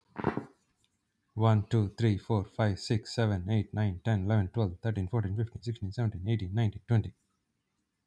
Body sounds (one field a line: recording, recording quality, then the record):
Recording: counting at a fast pace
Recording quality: excellent, no background noise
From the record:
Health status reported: healthy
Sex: male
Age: 34 years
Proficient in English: yes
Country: United States